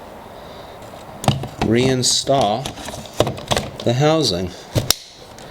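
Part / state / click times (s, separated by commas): mirror housing onto car side mirror base / seated / 4.9 s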